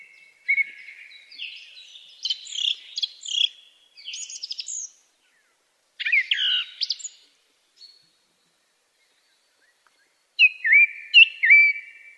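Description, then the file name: Song thrush song, varied phrases of whistles, trills and scratchy high notes separated by pauses, some notes repeated, with no other clear sounds. Melodic song. "song thrush bird melodic song"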